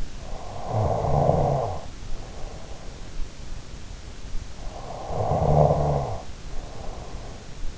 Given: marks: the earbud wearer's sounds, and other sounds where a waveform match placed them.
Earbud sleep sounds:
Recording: sounds in sleep by an in-ear microphone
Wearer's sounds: snoring breath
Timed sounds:
0.00-2.75 s: snoring breath
1.87-3.81 s: sound from someone else or the room
4.37-7.40 s: snoring breath
5.98-7.51 s: sound from someone else or the room

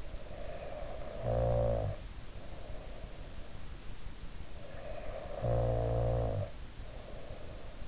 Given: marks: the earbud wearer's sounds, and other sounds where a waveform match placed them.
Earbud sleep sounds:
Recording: sounds in sleep by an in-ear microphone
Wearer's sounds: snoring breath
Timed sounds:
0.17-3.42 s: snoring breath
4.68-7.88 s: snoring breath

